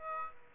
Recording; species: mosquito wingbeat signal from an infrared sensor; Aedes aegypti